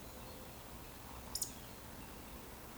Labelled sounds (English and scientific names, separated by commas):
Eurasian Woodcock (Scolopax rusticola) whistle